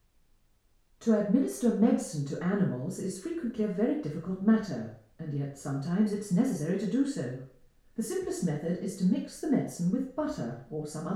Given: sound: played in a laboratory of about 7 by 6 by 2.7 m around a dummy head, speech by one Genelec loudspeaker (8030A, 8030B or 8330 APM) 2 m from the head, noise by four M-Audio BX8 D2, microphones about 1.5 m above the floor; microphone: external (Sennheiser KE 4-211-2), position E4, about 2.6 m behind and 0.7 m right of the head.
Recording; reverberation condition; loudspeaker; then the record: female speech in English; medium; behind (180 degrees)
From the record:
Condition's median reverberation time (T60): about 510 ms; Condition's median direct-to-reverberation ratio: about -0.5 dB